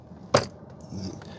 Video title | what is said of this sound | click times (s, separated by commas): You’ve NEVER Seen a Minivan Like THIS Before! Van Life Genius! | actually to lock it you'll actually hear it pop | 0.3 s